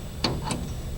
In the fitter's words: place it over the valve cap and press it down gently until you hear it or feel it click